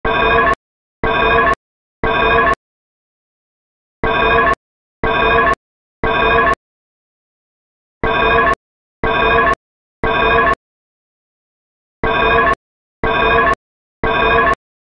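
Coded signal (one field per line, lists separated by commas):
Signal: alarm pattern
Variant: temporal-3 evacuation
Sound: harsh buzzy alarm tone in 4 groups of three half-second blasts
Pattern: temporal three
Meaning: Temporal-3 cadence signals fire evacuation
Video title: Super Metroid Escape Alarm Sound Effect But Edited To A Code-3 Fire Alarm Like Sound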